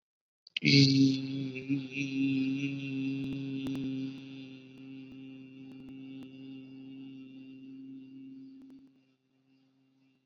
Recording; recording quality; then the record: sustained vowel as in beet; excellent, no background noise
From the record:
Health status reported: COVID-19 positive, mild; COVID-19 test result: positive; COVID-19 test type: rapid antigen test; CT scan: not taken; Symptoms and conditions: cough, fever, muscle pain, diarrhoea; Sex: male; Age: 27 years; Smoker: no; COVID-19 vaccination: none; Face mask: not worn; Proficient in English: yes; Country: India